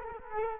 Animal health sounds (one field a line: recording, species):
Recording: mosquito wingbeat signal from an infrared sensor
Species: Culex quinquefasciatus